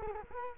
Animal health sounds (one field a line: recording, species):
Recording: mosquito wingbeat signal from an infrared sensor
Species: Culex quinquefasciatus